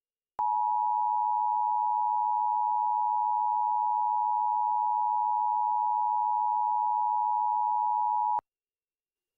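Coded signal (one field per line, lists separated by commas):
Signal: Emergency Alert System (SAME) tones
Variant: 853 and 960 Hz attention tone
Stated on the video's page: Mock astronomical impact EAS alert, simulated, not real.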